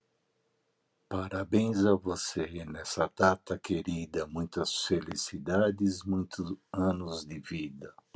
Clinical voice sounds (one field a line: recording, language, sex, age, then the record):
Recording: short text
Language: Brazilian Portuguese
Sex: male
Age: 60 to 69 years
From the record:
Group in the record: control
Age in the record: 67 years